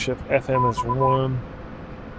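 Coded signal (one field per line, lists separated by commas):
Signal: none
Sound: game radio beeps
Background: speech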